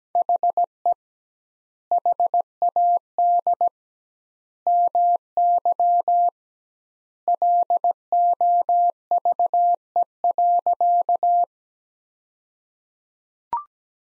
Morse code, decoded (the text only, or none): HE HAD MY LOVE.